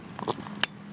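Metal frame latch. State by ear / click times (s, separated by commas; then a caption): released / 0.6 s. On an EZ Pedaler F300 folding electric bike, the quick-release lever on the frame hinge is flipped out and then pulled up to release the locking latch, with some light rattling around 0.2–0.3 s. A sharp metallic click at 0.6 s marks the latch clicking open, leaving the frame hinge released.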